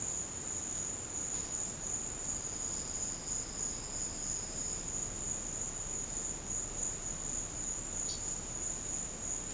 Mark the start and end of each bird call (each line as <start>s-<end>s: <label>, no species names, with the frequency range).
8.03s-8.22s: bird call (2.8-5.5 kHz)